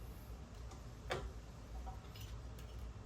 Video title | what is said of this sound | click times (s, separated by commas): Harley garage talk EASTCOASTBAGGERS | and you'll hear it click in. | 1.1 s